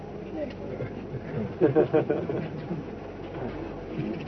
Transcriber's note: laughter